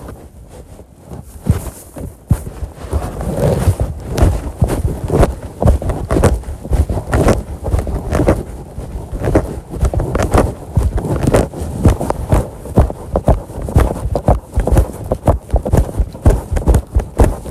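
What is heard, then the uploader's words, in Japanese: Rice seedlings are planted by hand, one at a time, in a flooded paddy. Dense, irregular wet squelches, splashes and soft thuds come every fraction of a second and continue throughout, with quieter stretches near the start. 田植え。水苗代で苗を束にしたものを手に取り、 １本ずつ手植えでイネ苗たちを植えていきます。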